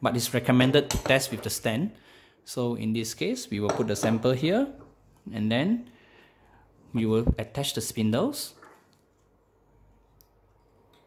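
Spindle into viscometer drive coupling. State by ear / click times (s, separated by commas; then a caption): seated / 10.2 s. Someone talks while a sample is placed on the stand of an Atago Visco benchtop rotational viscometer, then a metal spindle is attached to its drive coupling. After the talking stops, a short, sharp click at 10.2 s marks the spindle locking in place, fully seated.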